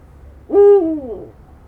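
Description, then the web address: Little owl calling once, a clear hoot held briefly before dropping in pitch, over quiet low background hum. Recorded at a zoo in Jászberény, Hungary, in 2016; the bird called four times. "jaszberenyizoo 2016 professzionalis kuvik"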